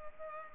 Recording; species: mosquito wingbeat signal from an infrared sensor; Culex pipiens